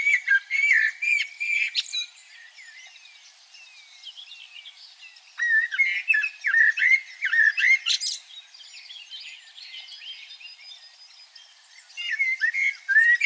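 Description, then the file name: Common blackbird song: three loud spells of fluty warbles and squeaky notes, with quieter twittering between them. "Turdus merula"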